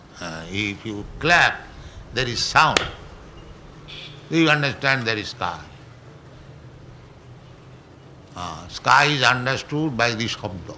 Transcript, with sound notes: If you clap, there is sound. [claps] You understand there is sky. Sky is understood by the śabda.